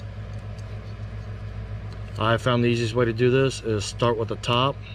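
The plastic back cover of a 2019 Ram 1500 three-button smart remote key fob is picked up and lined up on the fob housing after a battery replacement, ready to be snapped on. A steady low hum runs throughout, and someone talks from about 2.2 seconds. Nothing has seated or clicked yet.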